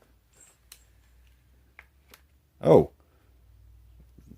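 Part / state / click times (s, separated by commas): trigger sear in a break-barrel air rifle / not seated / none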